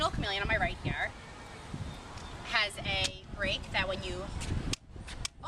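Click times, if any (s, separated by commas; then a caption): 4.7 s, 5.2 s. A parking brake on the frame of an older Bugaboo Cameleon stroller is pushed open while someone talks. It gives sharp clicks at 4.7 s and 5.3 s as it seats into each of its positions.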